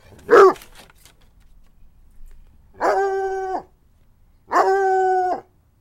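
Dog gives one short sharp bark, then two sustained, even howls of nearly a second each, spaced about two seconds apart.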